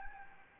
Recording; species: mosquito wingbeat signal from an infrared sensor; Anopheles gambiae